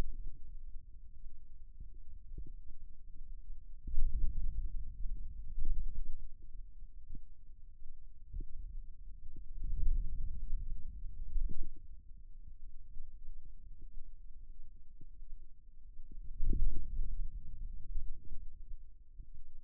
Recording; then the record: forearm muscle sounds (acoustic myography)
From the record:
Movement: radial deviation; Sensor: system 2, bracelet of six BSWA MPA416 microphones around the upper forearm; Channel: 2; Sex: male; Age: 22 years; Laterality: right